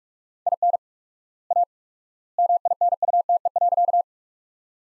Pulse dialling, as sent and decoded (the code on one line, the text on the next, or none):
none